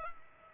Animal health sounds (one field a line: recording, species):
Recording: mosquito wingbeat signal from an infrared sensor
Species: Culex pipiens